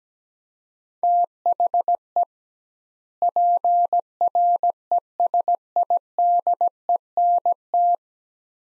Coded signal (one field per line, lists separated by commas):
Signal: Morse code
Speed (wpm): 17 wpm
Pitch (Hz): 700 Hz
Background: none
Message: THE PRESIDENT